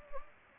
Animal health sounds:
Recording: mosquito wingbeat signal from an infrared sensor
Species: Anopheles gambiae

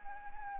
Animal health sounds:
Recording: mosquito wingbeat signal from an infrared sensor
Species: Anopheles arabiensis

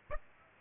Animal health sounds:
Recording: mosquito wingbeat signal from an infrared sensor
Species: Aedes aegypti

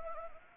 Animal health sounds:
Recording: mosquito wingbeat signal from an infrared sensor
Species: Anopheles arabiensis

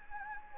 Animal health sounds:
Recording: mosquito wingbeat signal from an infrared sensor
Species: Anopheles gambiae

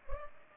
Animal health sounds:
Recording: mosquito wingbeat signal from an infrared sensor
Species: Culex pipiens

